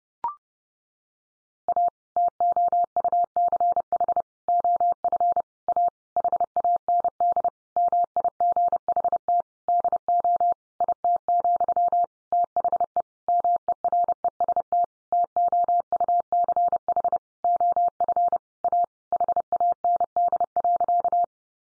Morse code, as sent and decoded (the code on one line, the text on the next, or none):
.- / - --- ..- -.-. .... / --- ..-. / .- / .... .- -. -.. / -- .. --. .... - / -.. --- / .. - --..-- / - .... . / -- . .-. . ... - / - --- ..- -.-. .... / --- ..-. / .- / .... .- -. -.. .-.-.-
A TOUCH OF A HAND MIGHT DO IT, THE MEREST TOUCH OF A HAND.